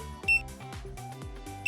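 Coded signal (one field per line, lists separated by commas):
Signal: beep code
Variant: Daikin air conditioner remote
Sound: two short high beeps about 1.4 seconds apart over music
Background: background music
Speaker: Tendez l'oreille à chaque appui sur le bouton.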